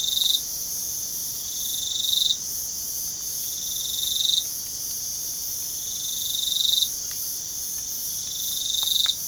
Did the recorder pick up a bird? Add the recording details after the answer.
no. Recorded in pastures near Puerto Asís, Putumayo, Colombia, on 25 June 2025 at 04:00. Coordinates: 0.497, -76.327. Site G040